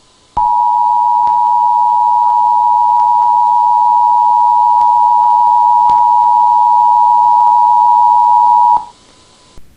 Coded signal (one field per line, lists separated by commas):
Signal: Emergency Alert System (SAME) tones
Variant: 853 and 960 Hz attention tone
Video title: EAS Mock Scenario - Deadly Packages